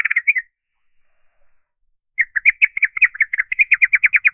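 Bird giving rapid chirping notes, a short burst and then a longer run of quick repeated chirps.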